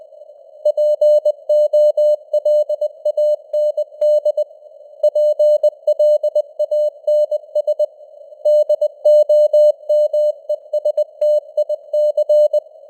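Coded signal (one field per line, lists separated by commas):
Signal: Morse code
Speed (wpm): 20 wpm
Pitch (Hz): 600 Hz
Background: none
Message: POLAND PLANS DOMESTIC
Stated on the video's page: Morse news headlines at 20 wpm with simulated radio noise and varying signal strength (QSB).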